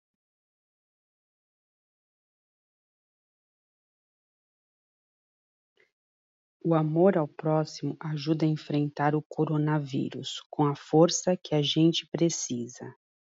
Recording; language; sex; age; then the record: spoken sentence; Brazilian Portuguese; female; 40 to 49 years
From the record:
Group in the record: control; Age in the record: 48 years